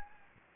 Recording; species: mosquito wingbeat signal from an infrared sensor; Anopheles gambiae